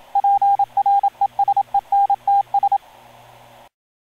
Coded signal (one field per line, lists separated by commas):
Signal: Morse code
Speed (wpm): 27 wpm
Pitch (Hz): 800 Hz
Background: radio noise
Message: PRESENTS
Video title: cara promotional video - sdr sequence.movie.wmv